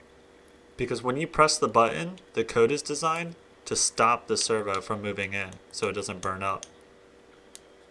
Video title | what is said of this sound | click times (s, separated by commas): Thin Film Pressure Sensors vs. Buttons: What's Best for Robot Fingers? | snaps into place perfect | 7.6 s